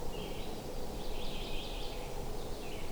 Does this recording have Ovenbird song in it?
no